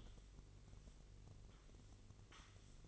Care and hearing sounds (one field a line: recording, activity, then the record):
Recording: daily activity, microphone in the room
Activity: sweep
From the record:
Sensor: 4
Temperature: 27.9 degrees Celsius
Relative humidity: 34.3%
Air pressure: 1002.4 hPa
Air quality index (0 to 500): 216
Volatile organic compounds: 12 ppm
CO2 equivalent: 2330 ppm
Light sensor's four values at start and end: 19/69/25/25 and 20/69/25/25